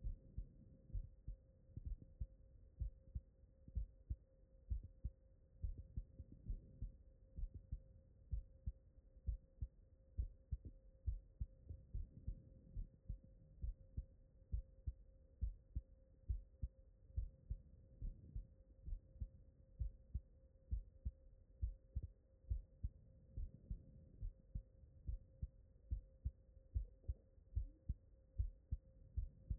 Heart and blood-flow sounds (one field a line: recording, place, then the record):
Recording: heart sounds by stethoscope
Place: mitral valve (MV)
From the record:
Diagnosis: non-HFrEF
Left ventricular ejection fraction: 62%